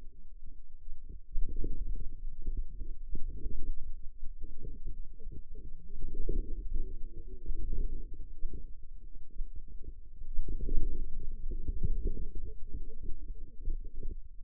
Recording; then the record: forearm muscle sounds (acoustic myography)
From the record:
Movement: outward rotation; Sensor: system 2, bracelet of six BSWA MPA416 microphones around the upper forearm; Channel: 5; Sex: female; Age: 21 years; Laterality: right